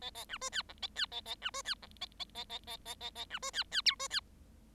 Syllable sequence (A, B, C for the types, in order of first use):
A A B C D E A D A A B C D E A A A A A A A A B C D D F C D